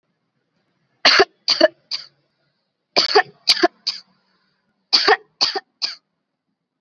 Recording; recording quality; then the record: heavy voluntary cough; excellent, no background noise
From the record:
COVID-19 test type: RT-PCR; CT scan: not taken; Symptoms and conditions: none ticked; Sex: female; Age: 21 years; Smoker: no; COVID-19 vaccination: both doses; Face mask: worn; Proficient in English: yes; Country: India